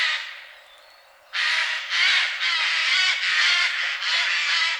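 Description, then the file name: Eurasian jay giving a run of harsh, rasping screeches after a short lull. "Garrulus glandarius"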